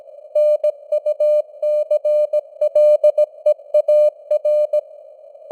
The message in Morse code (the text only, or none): NUCLEAR